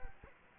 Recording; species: mosquito wingbeat signal from an infrared sensor; Culex quinquefasciatus